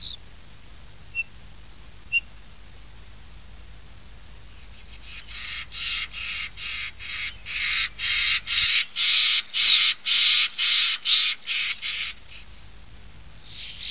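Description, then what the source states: Common starling song: a few faint high ticks, then a dry rattling run of loud, buzzy pulses about two per second, stopping abruptly near the end. Starling song used as a lure in Italian traditional bird-catching (uccellagione).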